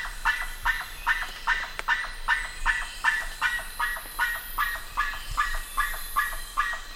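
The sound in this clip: Bird calling in an even rhythm of brief, rasping notes that drop in pitch, about two and a half each second, with one sharp click partway through.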